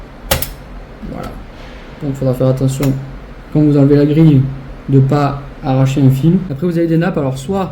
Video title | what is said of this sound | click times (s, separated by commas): NETTOYAGE PS4 PRO - Problème de surchauffe | Et après c'est pas compliqué, vous prenez, vous tirez, ça se déclipse. Hein. C'est un petit peu dur parce que c'est bien clipsé, mais j'enlève un peu la poussière en même temps. | 0.3 s